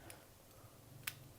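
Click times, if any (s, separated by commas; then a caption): none. A second rechargeable AA cell is pressed into the battery bay of a Boya BY-WM8 Pro K2 wireless microphone transmitter. Faint, brief plastic ticks sound at about 0.1 s, 1.1 s and 1.4 s over a low steady hum. The cell is still being handled, and nothing has seated or clicked home yet.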